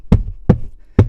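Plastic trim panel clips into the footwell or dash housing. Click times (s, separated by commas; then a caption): 0.1 s, 0.5 s, 1.0 s. After changing the cabin air filters on a Tesla Model Y, the plastic trim cover panel is lined up by its seams and punched by hand to drive its retaining clips into the footwell or dash housing, continuing until no more snaps are heard. Three sharp thumping snaps land at 0.1, 0.5 and 1.0 seconds, each with a low body and a brief bright click. The panel clips seat into place.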